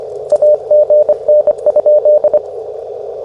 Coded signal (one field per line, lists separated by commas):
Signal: Morse code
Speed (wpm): 27 wpm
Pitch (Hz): 600 Hz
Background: none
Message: AGN?